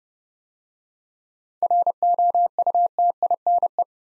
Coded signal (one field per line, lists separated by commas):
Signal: Morse code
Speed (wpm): 30 wpm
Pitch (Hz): 700 Hz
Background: none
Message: ROUTINE